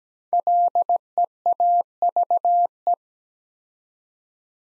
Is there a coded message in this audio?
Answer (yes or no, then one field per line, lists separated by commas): yes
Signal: Morse code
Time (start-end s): 0.3-2.9 s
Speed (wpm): 17 wpm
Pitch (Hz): 700 Hz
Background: none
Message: LEAVE